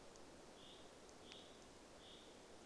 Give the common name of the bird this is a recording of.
Common Chaffinch